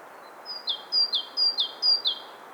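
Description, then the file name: Great tit song: a repeated two-note phrase, a high thin note then a lower sliding note, given four times in quick rhythm over faint background hiss. "Parus major"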